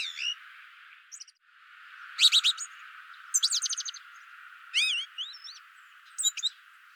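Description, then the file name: Eurasian blackbird calls: sharp high chirps, a quick stuttering run of clipped notes, and a wavering whistled phrase later on, over steady background hiss. "Turdus merula"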